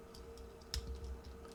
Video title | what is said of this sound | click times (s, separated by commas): 人类终究是无法互相理解的，变形金刚NA铁皮 | Spin over The front bumper clasp snaps into place | 0.7 s